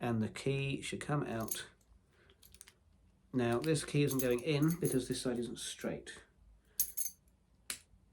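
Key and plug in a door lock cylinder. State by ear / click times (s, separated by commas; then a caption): seated / 7.7 s. Someone talks while a door lock cylinder's plug is turned with the broken key until it lines up straight, so that a key can be pushed through. Faint small taps come around 2.3 to 2.7 seconds and a sharp sound at 6.8 seconds, then a small metal click at 7.7 seconds as the key and plug seat in the straight position.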